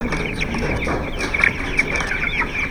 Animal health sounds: poultry house recording; background noise or bird activity such as feeding and pecking

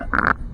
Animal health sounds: poultry house recording; sick chickens (respiratory disease)

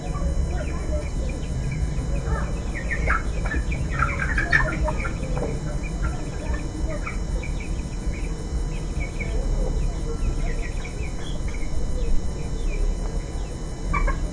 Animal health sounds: poultry house recording; healthy chickens

